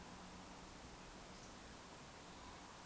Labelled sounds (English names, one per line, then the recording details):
Eurasian Woodcock whistle
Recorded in Baden-Württemberg, Germany, on 3 June 2021 at 19:41 UTC
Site 49334, 1074 m above sea level